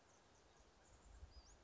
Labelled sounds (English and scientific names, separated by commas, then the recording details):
Western Flycatcher (Empidonax difficilis)
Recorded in Sonoma County, California